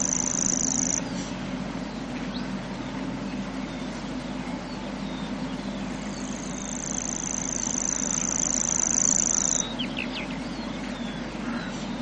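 Grasshopper warbler reeling in two bouts: a brief reel at the start, then a long unbroken reel of about three seconds, over a low hum.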